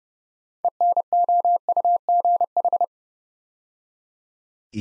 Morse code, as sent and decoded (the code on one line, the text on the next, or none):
. -. --- ..- --. ....
ENOUGH